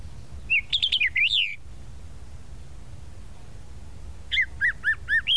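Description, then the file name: Tropical mockingbird song: a tumbling phrase of varied whistled notes, then after a pause a series of short, repeated slurred notes. "Canto-do-Sabiá-da-Praia"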